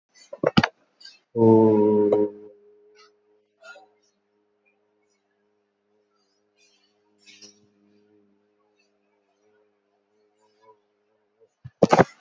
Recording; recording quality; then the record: sustained vowel as in boot; poor, much background noise or distortion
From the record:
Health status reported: COVID-19 positive, mild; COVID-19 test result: positive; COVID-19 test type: RT-PCR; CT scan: taken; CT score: 8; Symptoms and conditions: cough, fatigue, hypertension, diabetes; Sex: male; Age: 80 years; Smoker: no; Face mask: not worn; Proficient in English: no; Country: India